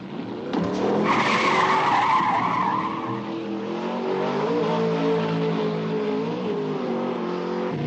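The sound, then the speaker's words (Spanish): A car peels away with a loud, high tire squeal, then its engine keeps roaring steadily as it speeds off, with the pitch rising and wavering. No one speaks. “Ahora verán lo que es conducir.”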